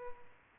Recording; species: mosquito wingbeat signal from an infrared sensor; Culex pipiens